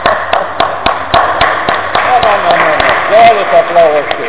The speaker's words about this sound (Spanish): Soy yo quien necesita aplaudirles a mi familia, aplaudir a toda la iglesia y aplaudir a los líderes por ser como son, y por haber permitido estos 20 años de ministerio. Así que yo soy el que se pone de pie y ahora les aplaudo a ustedes.